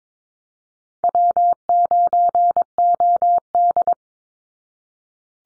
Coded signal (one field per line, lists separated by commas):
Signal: Morse code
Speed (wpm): 22 wpm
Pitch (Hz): 700 Hz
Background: none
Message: W9OD